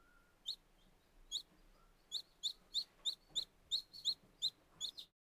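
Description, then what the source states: Young chicken chicks peeping: short, high, piercing peeps in irregular bursts, a few sparse at first, then a quick series of about a dozen notes. Very young chicks.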